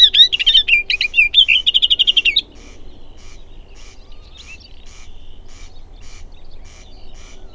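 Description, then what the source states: Booted warbler giving a fast, scratchy warbled phrase of chattering notes for about two and a half seconds, followed by faint, evenly repeated ticking notes. Recorded June 2007.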